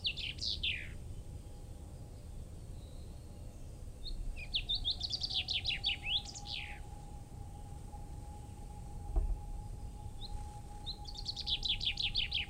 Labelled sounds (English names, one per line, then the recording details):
Common Chaffinch song
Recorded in the wild
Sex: male
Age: adult
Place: Freiburg, Baden-Württemberg, DE
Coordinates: 48.0175, 7.82194
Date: 1960-03-25
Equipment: Maihak MMK 4, Sennheiser MD 82
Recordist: Thielcke, Gerhard
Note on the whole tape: Freiburg, Mooswald, Schule: Buchfink 3: Gesang